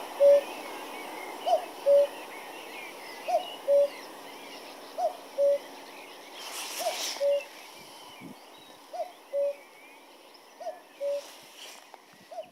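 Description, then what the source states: Common cuckoo calling its steady two-note cu-ckoo, the lower note held, repeated roughly every two seconds over soft background birdsong and a brief rustle. Familiar call of the cuckoo; increasingly rare.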